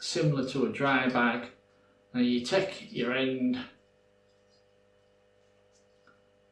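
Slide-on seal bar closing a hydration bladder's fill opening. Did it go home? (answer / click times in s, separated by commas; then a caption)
no / none. Someone talks while handling the slide-on seal bar of a plastic hydration bladder, taking its closing end to slide onto the open fill opening at the top and seal it like a dry bag. After the talking stops around 3.7 s, only a steady low hum remains, with one faint, brief tick near 6.1 s. Nothing has seated or locked in place yet.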